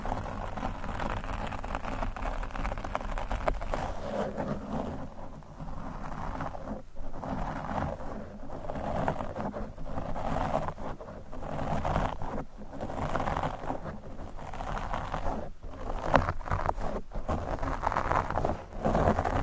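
Brushing and scratching on a microphone, a dense, rough rustle that surges and fades in uneven strokes over a steady low rumble. Brief dropouts and sharp taps break it up several times, especially between about five and seventeen seconds.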